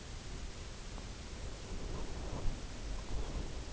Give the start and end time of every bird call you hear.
2.98s-3.46s: Lapland Longspur (2.6-4.2 kHz)

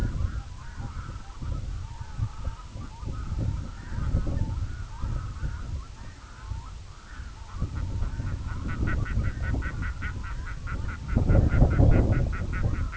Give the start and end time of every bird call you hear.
0.01s-12.97s: Red-throated Loon (0.3-4.7 kHz)

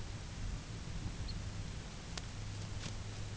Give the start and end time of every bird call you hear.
1.14s-1.39s: Lapland Longspur (3.6-5.2 kHz)

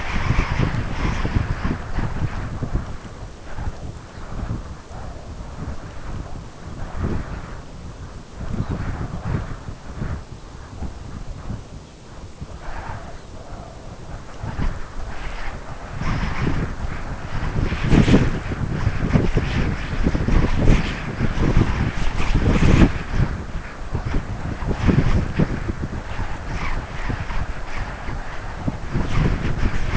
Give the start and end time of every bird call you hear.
4.07s-4.30s: Lapland Longspur (3.4-4.8 kHz)
8.49s-8.83s: Lapland Longspur (3.2-4.6 kHz)
9.21s-9.62s: Lapland Longspur (2.7-4.3 kHz)
10.26s-10.60s: Lapland Longspur (3.4-4.4 kHz)
11.71s-12.03s: Lapland Longspur (2.6-4.0 kHz)
13.04s-13.44s: Lapland Longspur (3.4-4.5 kHz)

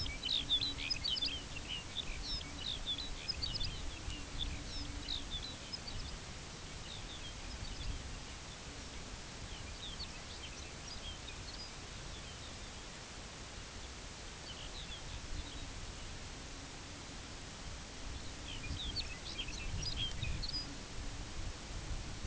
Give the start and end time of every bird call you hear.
0.00s-6.13s: Lapland Longspur (1.9-6.9 kHz)
6.74s-9.03s: Lapland Longspur (2.2-6.1 kHz)
9.38s-12.98s: Lapland Longspur (2.1-6.7 kHz)
13.76s-13.91s: Lapland Longspur (2.7-4.2 kHz)
14.32s-15.85s: Lapland Longspur (2.5-5.1 kHz)
18.08s-20.71s: Lapland Longspur (1.9-7.0 kHz)

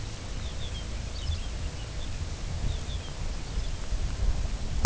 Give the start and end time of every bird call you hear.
0.26s-3.85s: Lapland Longspur (2.3-5.7 kHz)

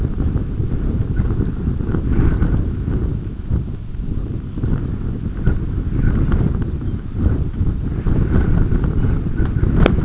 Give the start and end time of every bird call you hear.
6.42s-7.01s: Lapland Longspur (2.6-5.2 kHz)
8.34s-8.54s: Lapland Longspur (4.3-5.3 kHz)
8.90s-9.16s: Lapland Longspur (2.2-3.7 kHz)

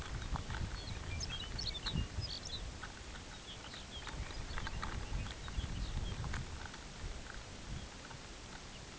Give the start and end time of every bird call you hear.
0.07s-2.71s: Lapland Longspur (1.8-7.0 kHz)
3.17s-6.33s: Lapland Longspur (2.2-6.0 kHz)
7.58s-7.96s: Lapland Longspur (2.8-4.1 kHz)
8.57s-8.88s: Lapland Longspur (2.5-3.6 kHz)

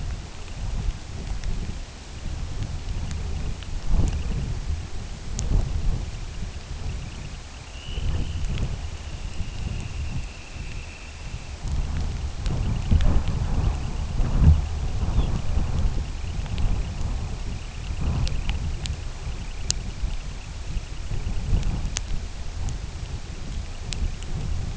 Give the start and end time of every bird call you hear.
0.00s-4.99s: Semipalmated Sandpiper (1.9-3.5 kHz)
5.51s-7.72s: Semipalmated Sandpiper (1.9-3.6 kHz)
7.61s-11.70s: Dunlin (1.7-3.9 kHz)
11.66s-24.77s: Semipalmated Sandpiper (1.9-3.5 kHz)
15.03s-15.38s: Lapland Longspur (2.9-4.2 kHz)

